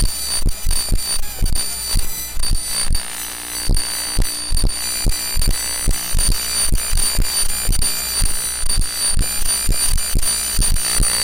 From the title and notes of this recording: The EMF Turntable is an interactive sound sculpture by Shaughn Martel that amplifies the electromagnetic fields generated by mobile phones and other small electronic devices. By spinning the turntable and using the touch screens, Shaughn Martel modified the waveform of the electromagnetic field and the resulting sound material emitted from the EMF Turntable.